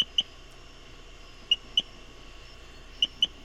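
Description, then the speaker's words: Rio Grande chirping frog giving short, high, bird-like chirps in close pairs, each pair about every 1.5 seconds, over a faint steady hiss. Bird-like chirp; calls mostly at night, sometimes by day around rainstorms. "and it's the Rio Grande chirping frog. So it's very it's very bird-like, and you nailed it when you said you don't hear it in the day. They're mostly at night."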